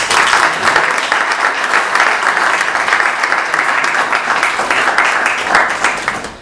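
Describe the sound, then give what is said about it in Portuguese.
A crowd at a round-table debate applauds the discussion's facilitator steadily, dense overlapping claps forming a loud, even wash of sound that holds for several seconds before beginning to taper off at the end. “Eu gostaria de pedir uma salva de palmas para...”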